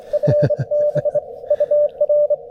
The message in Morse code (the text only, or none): FB UR